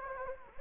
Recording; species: mosquito wingbeat signal from an infrared sensor; Anopheles gambiae